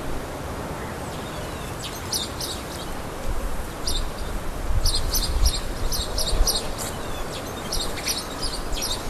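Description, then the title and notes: Great tit song in high double-note phrases repeated in bursts, with a low rumbling background. Spring call of the great tit, recorded together with a bumblebee. "Hummel Und Kohlmeise. Audioaufnahme einer Hummel +dem "Frühlingsruf der Kohlmeise""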